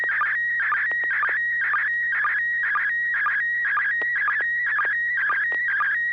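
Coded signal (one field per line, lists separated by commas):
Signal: SSTV (slow-scan television)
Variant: PD120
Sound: warbling high tone with quick regular chirps dipping lower, about twice a second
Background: low steady hum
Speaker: I do have a picture ready to send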